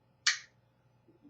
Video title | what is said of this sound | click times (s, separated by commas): Hogue EX Series | All right, you can hear that clicking. That detent is very secure. | 0.3 s